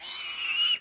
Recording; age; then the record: pig call; piglet (1 to 25 days)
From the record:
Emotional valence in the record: negative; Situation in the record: short isolation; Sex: male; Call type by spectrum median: high-frequency call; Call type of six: mixed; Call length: 0.82 s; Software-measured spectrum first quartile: 2818 Hz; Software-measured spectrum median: 3680 Hz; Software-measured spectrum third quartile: 5899 Hz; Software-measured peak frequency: 2872 Hz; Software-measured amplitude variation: 113 dB a second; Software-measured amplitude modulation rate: 21.4 a second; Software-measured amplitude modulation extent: 5.3 dB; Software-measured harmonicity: 7.6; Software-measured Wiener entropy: -2.33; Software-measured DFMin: 1228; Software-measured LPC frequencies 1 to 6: 1245, 2891, 4160, 4948, 5497, 6054 Hz